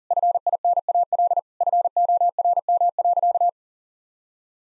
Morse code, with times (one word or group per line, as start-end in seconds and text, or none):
0.1-1.4 FINAL
1.6-3.5 FORM.